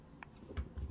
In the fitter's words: place here okay remember how it just just easily just little plastic tension snap